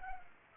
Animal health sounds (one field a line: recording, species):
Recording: mosquito wingbeat signal from an infrared sensor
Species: Culex pipiens